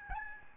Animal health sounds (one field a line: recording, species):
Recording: mosquito wingbeat signal from an infrared sensor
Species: Aedes albopictus